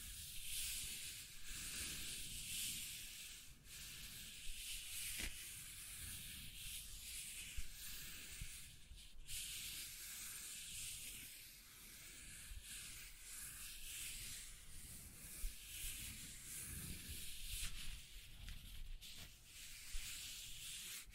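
Scratching and tracing sounds run continuously, a dense, gritty rasp like sanding or rubbing a rough surface. The hiss stays fairly steady, with low rumbling strokes swelling and easing, and brief sharper scrapes cutting in every few seconds, around 3.5, 9 and 19 seconds.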